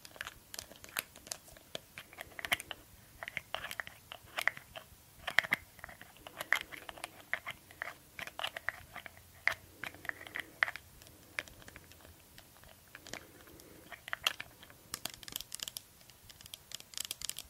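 A glass dropper bottle and its lid make a steady run of small clicks, taps and crinkly scrapes through the whole stretch. The sharp, bright ticks come quickly and irregularly, several per second, with brief quieter gaps around twelve and fourteen seconds.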